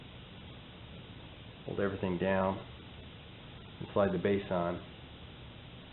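A magazine base plate is being slid onto a Ruger LCP II pistol magazine body during a MagGuts 6-to-7-round conversion. Someone talks over a steady low hiss, and nothing has seated or clicked yet.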